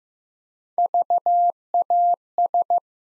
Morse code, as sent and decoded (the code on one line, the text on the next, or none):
...- .- ...
VAS